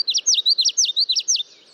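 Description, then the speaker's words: Common Yellowthroat song: high, rollicking whistled notes grouped into a rapid phrase, repeated several times in under one and a half seconds. Male singing; song pattern is remembered by the phrase 'witchity, witchity, witchity'. "people remember the yellowthroat song pattern with the phrase, witchity, witchity, witchity."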